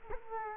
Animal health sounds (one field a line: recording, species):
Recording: mosquito wingbeat signal from an infrared sensor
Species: Culex quinquefasciatus